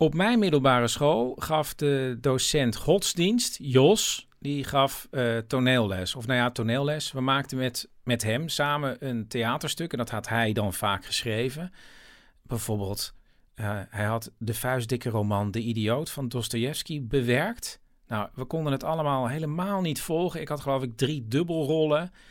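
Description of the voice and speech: A man tells an anecdote in Dutch about school theatre in a clear, steady, mid-low voice. His speech is fluent and smooth, with only ordinary hesitations like "uh" and one repeated word. Voice quality and rhythm are normal for conversational speech.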